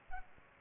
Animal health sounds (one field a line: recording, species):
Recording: mosquito wingbeat signal from an infrared sensor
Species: Aedes aegypti